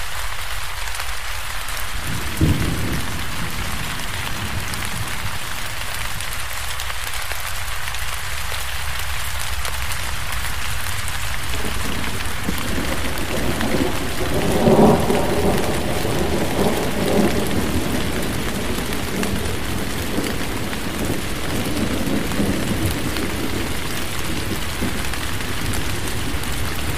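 Steady rain falls in a forest, a dense, even hiss of drops across the whole clip. Around the midpoint a low rumble swells in, possibly distant thunder, peaking near fifteen seconds, with occasional heavier drops.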